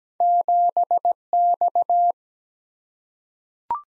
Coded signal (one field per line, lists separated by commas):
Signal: Morse code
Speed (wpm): 17 wpm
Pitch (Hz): 700 Hz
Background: none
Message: 7X